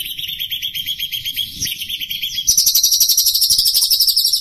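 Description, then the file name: Long-tailed shrike song of quick repeated high chirps, about four a second, with a sudden jump to a louder, higher trilling phrase partway through. Pet bird named Teroris, owned by Om Renaldi; the recording has 30-second pauses. "pentet-teroris-milik-om-renaldi-jeda-30-detik"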